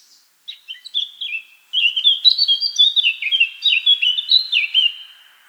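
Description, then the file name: Eurasian blackcap singing a brief quiet chattering opening, then a rich, loud warble of clear whistled and slurred notes, over silent background. "Sylvia atricapilla"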